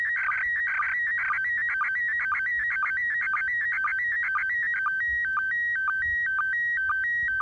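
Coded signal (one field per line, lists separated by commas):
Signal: SSTV (slow-scan television)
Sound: steady whistling tone alternating between two pitches, with short low blips twice a second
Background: radio static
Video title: International Space Station SSTV Satellite Pass Using A 3 Element Tape Measure Yagi Antenna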